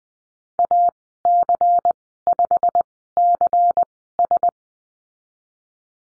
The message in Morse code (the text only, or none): AC5CS